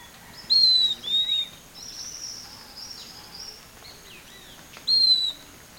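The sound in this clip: Bird calls: high falling whistles in quick pairs, a softer buzzy, wavering note in the middle, and another high whistle near the end, with other faint chirps around.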